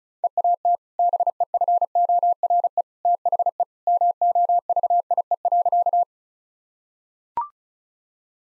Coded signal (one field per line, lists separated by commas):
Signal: Morse code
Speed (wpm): 34 wpm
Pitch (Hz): 700 Hz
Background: none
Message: EAT BEFORE THE MOVIE.